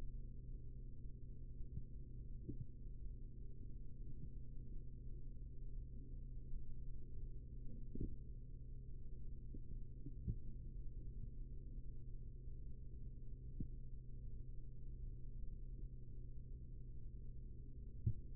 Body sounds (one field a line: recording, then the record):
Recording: forearm muscle sounds (acoustic myography)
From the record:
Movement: rest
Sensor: system 3, bracelet of six PUI Audio POM-2738L microphones around the upper forearm, with dedicated amplification and filtering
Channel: 6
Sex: male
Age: 43 years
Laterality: right